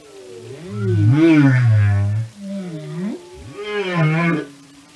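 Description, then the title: Whale song: a deep groan swelling into an arched moan, followed by a bending rising whoop with bright overtones. Whale songs and communication. "Whale Behavior"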